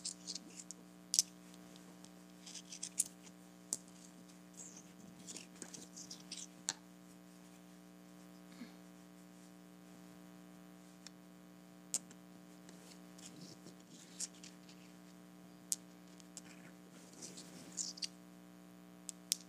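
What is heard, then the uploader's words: Tiny rocks tap together in sparse, irregular clicks, a few sharp ones near the start and end, over a steady low hum. ASMR Tapping Tiny Rocks Together.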